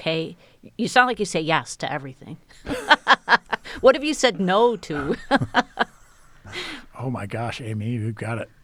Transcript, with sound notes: Okay. You sound like you say yes to everything. [LAUGHTER] What have you said no to?
Oh my gosh, Amy, you've got it.